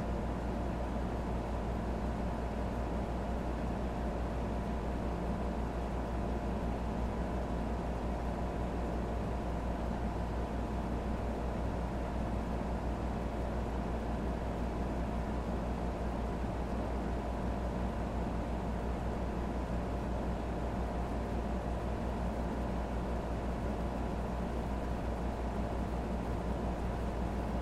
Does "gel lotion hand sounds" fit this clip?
no